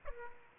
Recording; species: mosquito wingbeat signal from an infrared sensor; Aedes aegypti